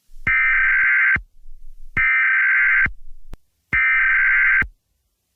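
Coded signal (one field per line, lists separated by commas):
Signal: Emergency Alert System (SAME) tones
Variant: header bursts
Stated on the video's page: Fictional EAS mock of a tornado in Colorado Springs.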